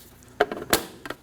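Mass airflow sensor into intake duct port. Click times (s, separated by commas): 0.4 s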